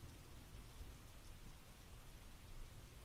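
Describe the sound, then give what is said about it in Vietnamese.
Heavy rain pours in a steady, dense hiss, with a deep low rumble of thunder rolling beneath it throughout. No voices. “Mưa mỗi lúc một to, phả vào người anh, trên trời sấm sét rền vang, đến đinh tai nhức óc.”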